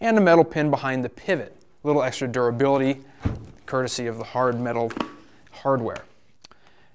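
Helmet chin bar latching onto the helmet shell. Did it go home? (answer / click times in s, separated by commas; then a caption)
yes / 6.5 s. Someone talks for most of the clip while the flip-up chin bar of a Speed and Strength SS1700 modular motorcycle helmet, which uses metal pins for its latching system, rivets and pivot, is lowered onto the helmet shell. At 6.5 s a short, sharp click, followed by two fainter ticks, is heard as the metal-pin latch catches and the chin bar clicks into place and locks down.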